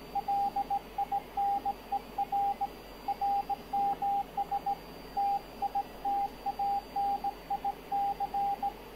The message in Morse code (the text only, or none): LINER RMS TITANIC